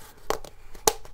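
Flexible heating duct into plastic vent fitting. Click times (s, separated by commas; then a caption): 0.3 s, 0.4 s, 0.8 s, 0.9 s, 1.0 s. Corrugated flexible heating duct is pushed onto a plastic vent fitting with barbed teeth in a Mercedes Sprinter camper van. It ratchets past the teeth with clicks at 0.3, 0.45, 0.75, 0.9 and 1.1 seconds, the ones at 0.3 and 0.9 loudest. The duct ends up seated and held securely.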